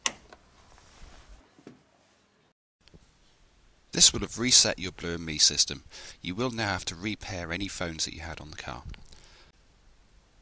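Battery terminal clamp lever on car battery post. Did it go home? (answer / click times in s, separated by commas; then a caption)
yes / 0.1 s. The grey clamp lever on a car battery terminal, already pushed back onto the battery post, is pulled toward the front until it clicks locked with a sharp, loud snap at 0.1 s. A few faint ticks follow, then someone talks from about 4 s.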